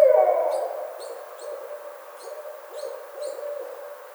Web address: Barred Owl 2009 05 25 Barred Owl